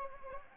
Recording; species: mosquito wingbeat signal from an infrared sensor; Anopheles arabiensis